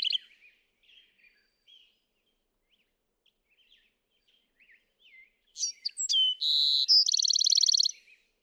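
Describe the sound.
Bewick's wren; soft scattered chips and twitters, then one loud song of sharp notes, a buzz and a rapid high trill near the end.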